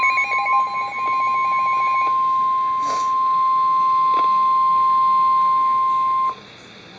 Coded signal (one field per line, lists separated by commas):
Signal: Emergency Alert System (SAME) tones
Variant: 1050 Hz attention tone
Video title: Severe Thunderstorm Warning (EAS #598)